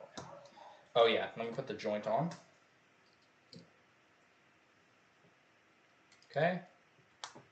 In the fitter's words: there's the click.